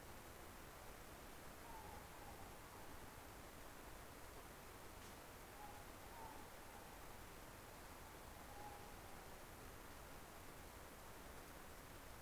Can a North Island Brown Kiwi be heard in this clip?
no